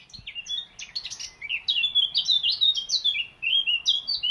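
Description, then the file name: Eurasian blackcap song, a fast, rich warble of varied notes and clear, sliding whistled phrases. "chant fauvette a tete noire sylvia atricapilla"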